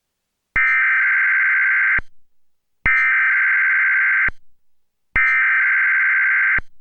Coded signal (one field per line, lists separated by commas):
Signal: Emergency Alert System (SAME) tones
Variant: header bursts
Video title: EAS #140-141: NWR and EAS Required Monthly Tests- Oct. 20, 2016- 10:20AM PDT